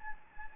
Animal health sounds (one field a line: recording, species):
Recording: mosquito wingbeat signal from an infrared sensor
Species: Anopheles gambiae